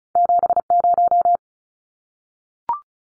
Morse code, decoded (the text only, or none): 70